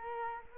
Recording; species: mosquito wingbeat signal from an infrared sensor; Culex quinquefasciatus